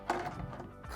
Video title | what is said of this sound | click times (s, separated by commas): Making Bi-Fold Cabinet doors - Perfect for Tight Spaces! | and the holes are already drilled using the jig and now these things just snap into place just like that so I can now | 0.1 s